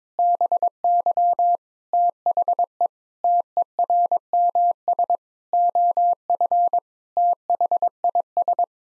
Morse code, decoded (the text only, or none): BY THE TERMS OF THIS